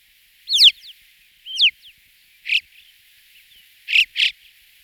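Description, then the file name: Alpine chough giving two thin sweeping whistles, followed by three brief rasping notes in a loose, uneven rhythm. Recorded in 2004. "roche 2004 alpendohle"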